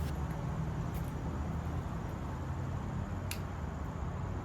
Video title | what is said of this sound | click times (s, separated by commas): Kijaro Dual Lock Folding Camp Chair Review (12 Tests!) | Instead, pull the chair open just a little bit, and press the button again, and this second time it should click and unlock. | 3.3 s